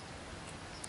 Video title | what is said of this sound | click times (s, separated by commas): Transformers Titan's Return Blurr | the first click | 0.8 s